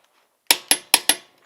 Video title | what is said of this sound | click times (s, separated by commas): Dodge Durango Tire Rotation Snow Tires Jeep Grand Cherokee SRT8 RT GT | go ahead and tighten all the lugs to 100 foot-pounds and give each one 2 clicks on the wrench. | 0.5 s, 0.9 s